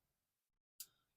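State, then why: Seated. A plastic jet-effect accessory is pushed into the hand of a 70th anniversary Godzilla 1954 S.H. MonsterArts action figure by Bandai Namco. After faint background noise and a brief near-silent gap, a single sharp, bright click sounds at 0.8 s and quickly fades. The accessory snaps into the hand and is seated.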